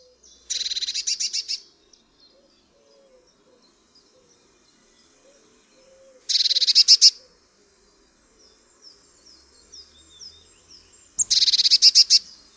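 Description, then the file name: Eurasian blue tit scolding with short, dry churring rattles repeated roughly every five seconds, faint high twittering between them. "MODRASZKA"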